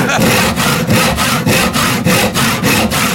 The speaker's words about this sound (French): N'empêche, t'imagines, il arrive avec sa scie.